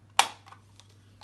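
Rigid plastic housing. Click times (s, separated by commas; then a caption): 0.2 s. The upper half of a plastic handheld airway clearance device is closed onto the lower half after the rocker is pressed back in. A single sharp, loud click at 0.2 s is followed by a few faint taps. The device body is seated shut.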